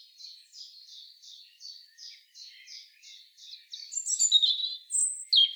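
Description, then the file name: European robin singing a rhythmic string of short, high repeated notes, then breaking into loud, shrill trills and piercing slurred whistles. "Erithacus rubecula"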